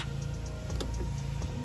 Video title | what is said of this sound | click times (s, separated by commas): AUXITO H11 LED-HIGH BEAM HEADLIGHT INSTALL & REVIEW-VW PASSAT | and it locks into place it's that simple so | 0.8 s